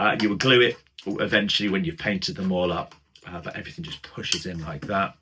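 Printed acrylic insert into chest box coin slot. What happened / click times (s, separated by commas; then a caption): Handled, no seating click: printed insert pushed toward its slot / none. A red 3D printed acrylic insert is handled by hand at a coin slot of a 3D printed Darth Vader chest box, with someone talking throughout. Nothing has seated or clicked yet; the clip ends just before the part goes home.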